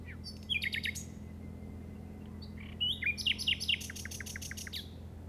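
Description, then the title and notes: Common nightingale singing bursts of rapid notes, then a long series of repeated clicks and chirps over a low hum. Recorded in the Llobregat Delta at 06:00 on 8 May 2015 with a Zoom recorder. "Grabación de ruiseñor común (Luscinia megarhynchos) en el Delta del Llobregat a las 06:00 del 08/05/2015."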